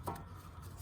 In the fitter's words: you'll hear a snap or filler snap when